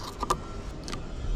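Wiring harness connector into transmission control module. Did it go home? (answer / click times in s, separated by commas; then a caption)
no / none. A wiring harness connector is pushed onto the transmission control module of a 2010 Cadillac XTS/SRX with the GM 3.0L engine. Brief sharp knocks at about 0.2, 0.3 and 0.9 s stand out over a low steady background. The connector fails to pop in and does not go all the way in, so nothing has seated or clicked yet.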